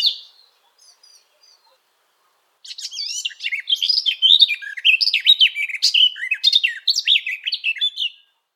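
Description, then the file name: Garden warbler song: a sustained, fast warble of varied rising and falling notes, preceded by a few faint soft notes. "Golosa ptic i zverei - Sadovaia slavka"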